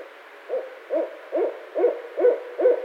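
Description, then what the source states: Barred owl giving six short, evenly spaced hoots, about two per second, growing slightly louder toward the end. Recorded 16 February 2012.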